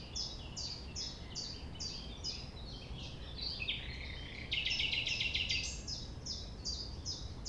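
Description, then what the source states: Common nightingale song: a brisk series of repeated chirping notes, then a loud harsh rattling burst and more repeated notes, against a low continuous rumble. Recorded at 6 A.M. at sunrise near the Thève, Champ de Ménage; the nightingale sings without waiting for silence.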